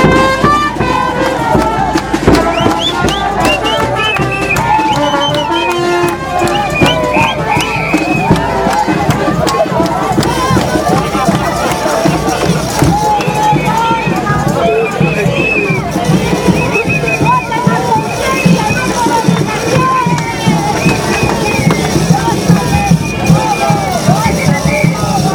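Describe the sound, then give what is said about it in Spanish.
A large political campaign crowd from the yes and no sides fills Plaza Río Sinio in La Paz, Bolivia, with a steady, loud wash of overlapping voices, shouts and whistling, a dense hubbub that never lets up for the whole stretch. “es lo que ocurre acá en la Plaza Río Sinio, donde el bando del sí, como también por el no, viene, se van silbando de un lado para el otro.”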